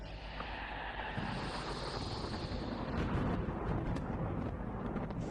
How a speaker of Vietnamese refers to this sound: Đột nhiên từ trên trời một tia sét đánh thẳng xuống ngôi nhà, toàn bộ vùng mái nhà nơi con rắn tinh đang đứng bị sập xuống, kèm theo đó là một tiếng nổ lớn khiến tất thảy đinh tai nhức óc.